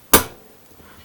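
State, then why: Seated. A Canik magazine base plate is slid all the way back along its tracks over the flat internal plate on the magazine body. A single loud, sharp snap rings out at 0.1 s as the rectangular lug on the internal plate pops up. The lug locks the base plate into place.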